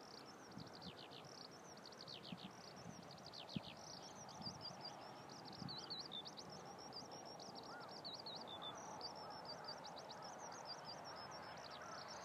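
Eurasian skylark song, a fast unbroken stream of high twittering notes and trills.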